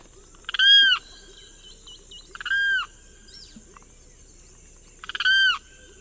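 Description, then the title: Limpkin calls: three loud, wailing, arched notes with rich harmonics, each preceded by a brief stutter, spaced about two to three seconds apart, with soft chirps between them. Subspecies Aramus guarauna guarauna. "LuckyPassaro Completos2Sama. Limpkin (Aramus guarauna guarauna)"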